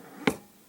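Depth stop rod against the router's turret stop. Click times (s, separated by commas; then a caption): 0.3 s. A Bosch POF 1200AE plunge router is pushed down until its metal depth stop rod hits the next step of the turret stop, giving a single sharp metal-to-metal click at 0.3 s over a quiet background. The stop is seated, and the bit now sticks out 3 mm.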